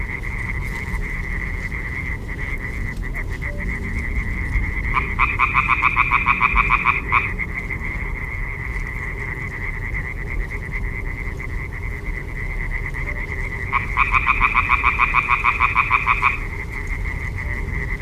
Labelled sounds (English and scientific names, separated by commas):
Common Tree Frog (Hyla arborea) call